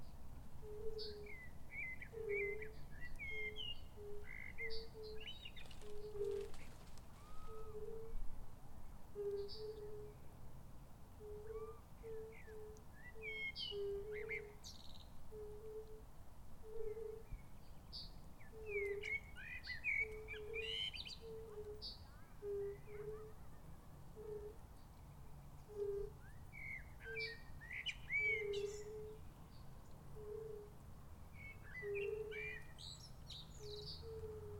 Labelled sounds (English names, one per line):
Fire-Bellied Toad call